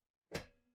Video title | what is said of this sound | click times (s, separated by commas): 2026 Newmar King Aire Operational Overview | and it will, you can hear it lock, it'll lock back into the forward position. | 0.4 s